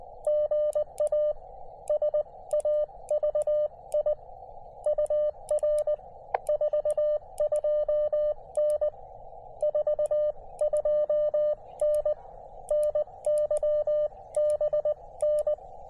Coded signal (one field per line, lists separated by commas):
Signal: Morse code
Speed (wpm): 19 wpm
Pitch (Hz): 600 Hz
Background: none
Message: GA SAVI UR 42N 42N NY BN